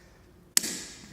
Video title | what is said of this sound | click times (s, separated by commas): ʜᴏᴡ ᴛᴏ ғɪx ᴀɴ ᴀᴜᴛᴏᴍᴀᴛɪᴄ ᴛʀᴀɴsᴍɪssɪᴏɴ ᴛʜᴀᴛ ᴡᴏɴ'ᴛ sʜɪғᴛ - ʀᴇᴘʟᴀᴄᴇ ᴘʀᴇssᴜʀᴇ sᴏʟᴇɴᴏɪᴅ, ғʟᴜɪᴅ ᴀɴᴅ ғɪʟᴛᴇʀ | line up our bracket with our sensor and push in our new solenoid until it clicks into place | 0.6 s